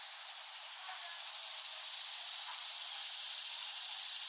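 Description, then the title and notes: Cicadas buzzing in an unbroken high drone, with faint short high chirps layered on top. Cicadas in West Brighton, Staten Island, late summer 2008. "Dronecast No. 021: The Cicadas of Summer. Recording of cicadas made by Dan Bodah in West Brighton, Staten Island, late summer 2008"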